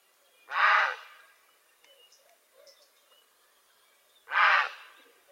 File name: Czapla Siwa